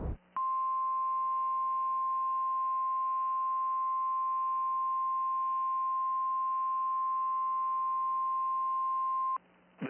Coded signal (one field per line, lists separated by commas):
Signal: Emergency Alert System (SAME) tones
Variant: 1050 Hz attention tone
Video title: Unseen Videos!! EAS 113-114